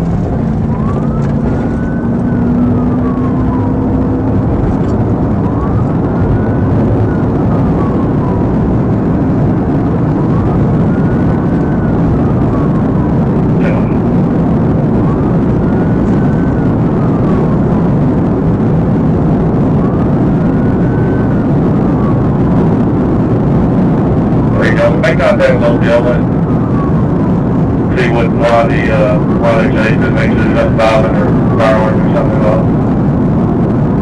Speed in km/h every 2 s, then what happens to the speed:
109, 122, 130, 140, 147, 150, 153, 155, 155, 155, 155, 155, 153, 155, 155, 155, 155.
0-13 speeds up to 155. 13-34 steady at about 155.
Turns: none.